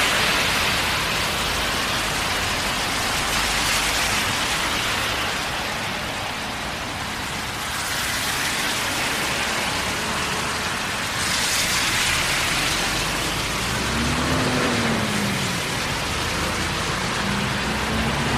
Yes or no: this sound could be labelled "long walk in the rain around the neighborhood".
yes